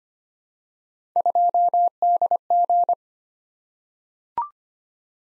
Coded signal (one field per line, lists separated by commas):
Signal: Morse code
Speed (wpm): 25 wpm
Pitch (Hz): 700 Hz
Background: none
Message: 2DG